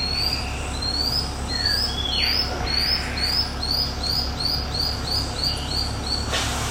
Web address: sound Lanceolated-monklet. صدای-پرنده-راهب-چه-نیزه-دار